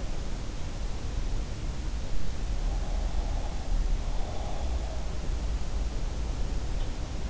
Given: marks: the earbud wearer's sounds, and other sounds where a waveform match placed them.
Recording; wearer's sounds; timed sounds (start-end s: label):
sounds in sleep by an in-ear microphone; breath
2.80-5.05 s: breath